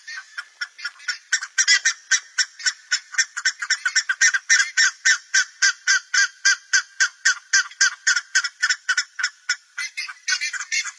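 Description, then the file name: Buff-necked ibis in a rapid, raucous calling series, harsh metallic notes repeated about four times a second for the whole stretch. "canto da curicaca"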